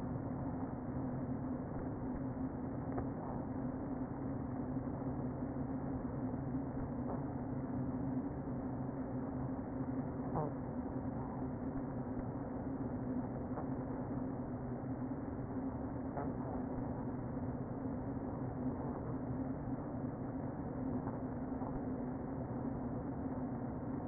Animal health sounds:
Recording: honeybee colony, microphone inside the hive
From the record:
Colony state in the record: queen present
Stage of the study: before two queens were removed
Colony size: about 60,000 bees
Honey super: yes

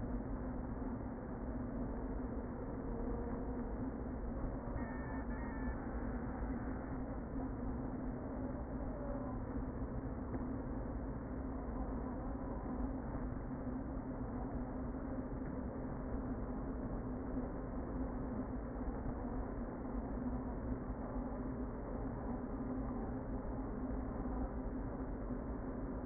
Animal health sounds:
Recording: honeybee colony, microphone inside the hive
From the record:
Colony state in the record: queen present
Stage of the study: before two queens were removed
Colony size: about 60,000 bees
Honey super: yes

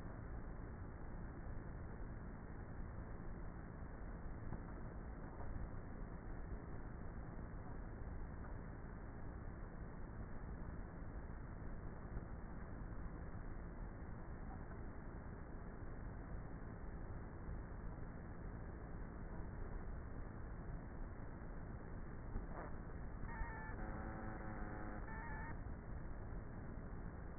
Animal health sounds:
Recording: honeybee colony, microphone inside the hive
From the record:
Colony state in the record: queenless with a low population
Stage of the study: before two queens were removed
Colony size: about 30,000 bees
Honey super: no

